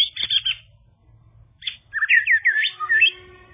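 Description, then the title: Bird giving a quick scratchy chirp, a brief pause, then a run of fast, varied whistled twitters rising and falling. "kikicau"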